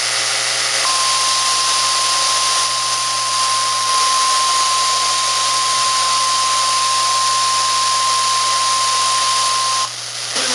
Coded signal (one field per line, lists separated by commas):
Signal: Emergency Alert System (SAME) tones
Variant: 1050 Hz attention tone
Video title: TWISTER OF TERROR...EAS #363-368 (10/25/25)